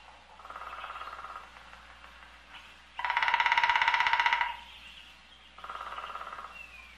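Three woodpecker drum rolls of rapid taps, the middle one loudest and the outer two softer.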